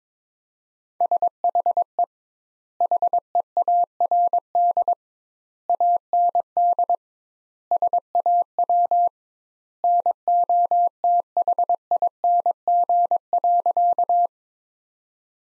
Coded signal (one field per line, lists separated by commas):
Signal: Morse code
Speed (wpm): 22 wpm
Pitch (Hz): 700 Hz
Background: none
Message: SHE HEARD AND SAW NOTHING.